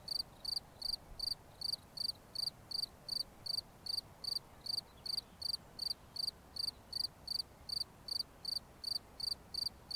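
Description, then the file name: Cricket chirping in a steady series of short, high chirps, about two to three per second, over a faint background hiss. "Grillons"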